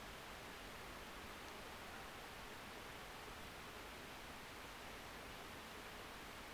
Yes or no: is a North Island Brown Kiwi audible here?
no